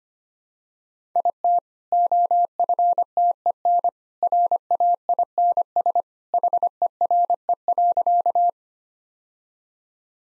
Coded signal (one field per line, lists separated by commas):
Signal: Morse code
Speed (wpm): 25 wpm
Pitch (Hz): 700 Hz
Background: none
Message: IT OFTEN RAINS HERE.